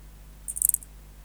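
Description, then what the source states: Brachycrotaphus tryxalicerus song: one short burst of rapid, very high-pitched scraping pulses lasting about a third of a second, over a steady low hum. Recorded in November.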